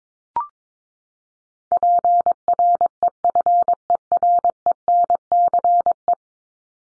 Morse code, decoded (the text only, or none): PREFERENCE